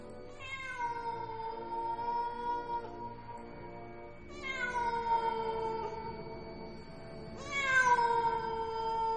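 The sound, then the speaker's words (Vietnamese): Stray cats roaming a cemetery at night wail mournfully in three long, drawn-out cries, each starting high and sliding slowly downward, rich with harmonics and rising in loudness toward the last. “Những con mèo hoang, nó bắt đầu đi lang thang trong nghĩa địa, kêu lên những tiếng thảm não, nghe đến giận cả người.”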